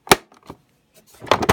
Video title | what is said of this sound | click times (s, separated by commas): Bernina 630 640 and others, remove back cover plastic for handle repair. | it snaps back into place | 0.1 s, 1.3 s